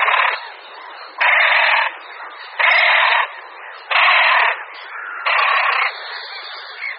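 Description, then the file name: Great crested grebe calls: loud, harsh, grating blasts about half a second long, five in a row at a steady pace, with quieter rasping between. "Potápka-roháč"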